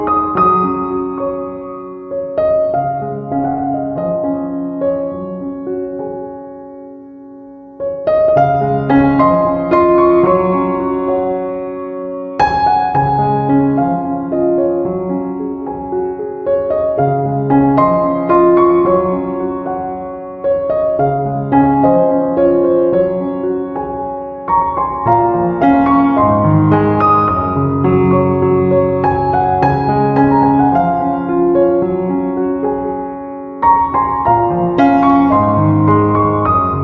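Calm piano plays slow, sustained chords, with warm low bass notes under gentle mid-range melody tones. New chords arrive every few seconds and ring out as they fade, with a brief quieter moment near eight seconds before the playing swells again.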